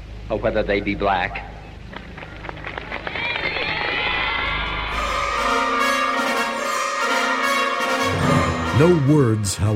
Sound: crowd applause

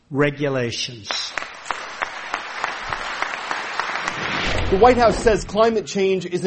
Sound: applause

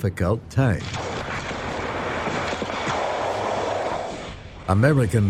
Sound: Viet Nam War battle sounds

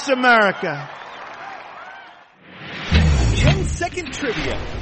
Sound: applause

